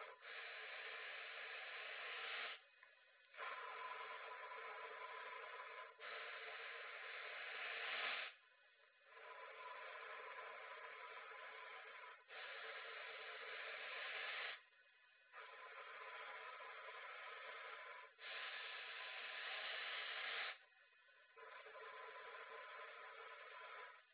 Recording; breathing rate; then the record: paced breathing near a phone; 10 breaths a minute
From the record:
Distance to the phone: 20 cm